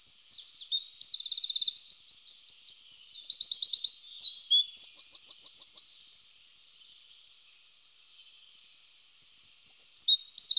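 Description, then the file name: Eurasian wren song: six seconds of loud, fast, high trills and rattling phrases, a quiet pause, then the song starts again vigorously. "Zaunkoenig"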